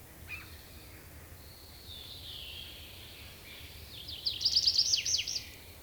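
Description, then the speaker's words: Tree Pipit song fragment: a faint thin buzz for several seconds, then a quick bright trill of high repeated notes near the end, over a soft low hum. Finland, where it is the fourth most common bird; sings this phrase in a song flight or from a tree branch. "Tällaisen säkeen esittää laululennossa tai puun oksalta metsäkirvinen."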